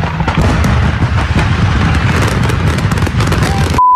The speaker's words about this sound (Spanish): se encendió algo, y de repente venían los juegos pirotécnicos